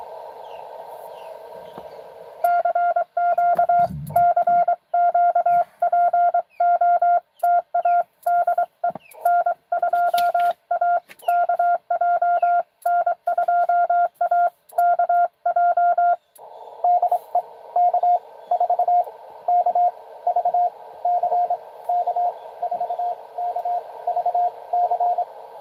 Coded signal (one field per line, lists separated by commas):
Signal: Morse code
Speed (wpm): 25 wpm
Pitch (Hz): 700 Hz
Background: radio noise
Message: CQ CQ POTA DE N2AKJ N2AKJ DE K4KVC K4KVC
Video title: N2AKJ is live! doing pota at us-2114 #pota #cw #n2akj